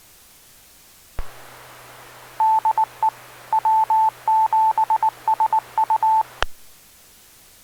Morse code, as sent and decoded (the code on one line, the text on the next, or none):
-.. . / .-- --... ... ..-
DE W7SU